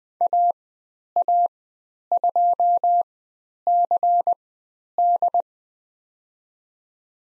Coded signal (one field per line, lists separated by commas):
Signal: Morse code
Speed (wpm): 20 wpm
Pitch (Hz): 700 Hz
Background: none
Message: AA2CD